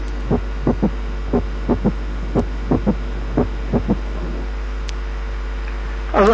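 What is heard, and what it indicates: Low-pitched adult heartbeats at an unhurried rate, with soft grouped thuds and an extra low sound early in diastole after the second sound. The finding is a third heart sound without tachycardia. Brief speech is heard at the end.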